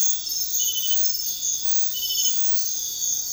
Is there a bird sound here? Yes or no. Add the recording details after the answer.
no. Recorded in dense forest near Puerto Asís, Putumayo, Colombia, on 20 February 2024 at 05:30. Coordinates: 0.500, -76.322. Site G6465